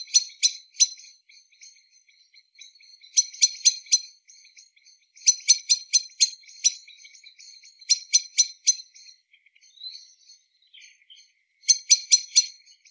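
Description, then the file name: Common blackbird calling with bursts of a few hard, fast chinking notes, separated by pauses of a few seconds. "Turdus merula"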